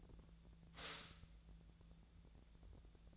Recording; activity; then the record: daily activity, microphone in the room; stop toaster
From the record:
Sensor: 3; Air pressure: 1000.2 hPa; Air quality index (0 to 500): 157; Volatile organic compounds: 3 ppm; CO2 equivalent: 1384 ppm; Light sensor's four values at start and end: 34/87/36/39 and 34/88/37/39